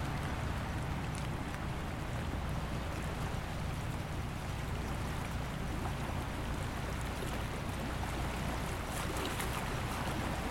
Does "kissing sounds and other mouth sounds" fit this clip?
no